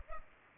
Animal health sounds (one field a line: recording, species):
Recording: mosquito wingbeat signal from an infrared sensor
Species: Culex pipiens